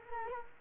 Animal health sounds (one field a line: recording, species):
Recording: mosquito wingbeat signal from an infrared sensor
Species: Culex quinquefasciatus